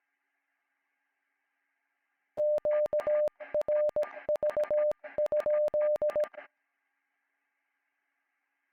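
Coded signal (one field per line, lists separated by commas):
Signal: Morse code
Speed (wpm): 16 wpm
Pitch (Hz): 600 Hz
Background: none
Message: QRV?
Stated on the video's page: Morse produced by training software, following the method taught at the 38th RIT military unit in the 1970s, updated.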